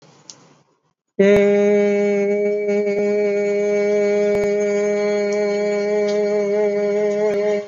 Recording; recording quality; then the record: sustained vowel as in made; excellent, no background noise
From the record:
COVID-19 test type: RT-PCR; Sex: male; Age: 22 years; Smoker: no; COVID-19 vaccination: both doses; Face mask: worn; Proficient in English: yes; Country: India